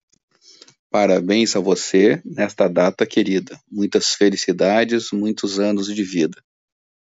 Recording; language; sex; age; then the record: short text; Brazilian Portuguese; male; 50 to 59 years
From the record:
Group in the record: control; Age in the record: 53 years